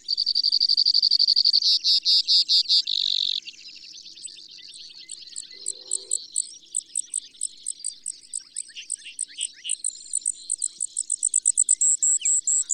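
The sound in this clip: Bird song made of very high, rapid trills and repeated ticking notes that change speed and pitch, with a softer stretch midway before quick pulses return.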